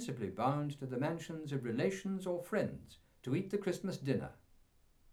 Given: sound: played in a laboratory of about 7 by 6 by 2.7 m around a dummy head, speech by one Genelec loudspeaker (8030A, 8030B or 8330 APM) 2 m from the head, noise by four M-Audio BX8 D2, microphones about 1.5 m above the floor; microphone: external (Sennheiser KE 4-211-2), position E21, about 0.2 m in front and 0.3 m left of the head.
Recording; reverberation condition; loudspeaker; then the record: male speech in English; low; 60 degrees to the left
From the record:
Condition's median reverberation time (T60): about 310 ms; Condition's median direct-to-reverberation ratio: about 3.5 dB